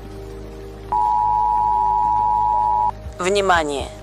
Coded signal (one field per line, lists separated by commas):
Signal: Emergency Alert System (SAME) tones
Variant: 853 and 960 Hz attention tone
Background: speech, music